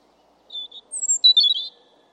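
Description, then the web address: European robin singing a short phrase: soft high notes, a piercing thin whistle sliding down, then a quick warbled flourish. "Deverinetal 2025"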